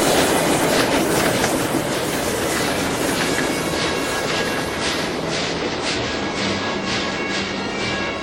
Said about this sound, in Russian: Присматривается к проходящему мимо товарному поезду.